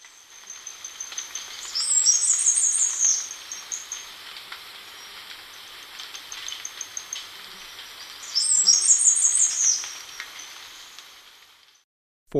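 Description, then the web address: Mountain wren song: two bursts of rapid, very high trilled and warbled notes, separated by a pause of several seconds. Recorded in Ecuador. "Birds of Ecuador. Mountain Wren"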